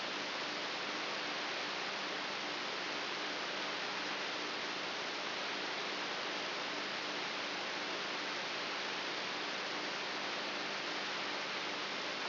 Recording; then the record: brain microelectrode recording played as sound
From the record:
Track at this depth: inside the subthalamic nucleus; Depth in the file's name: 3.84 mm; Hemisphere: right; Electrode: 3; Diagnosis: Parkinson's disease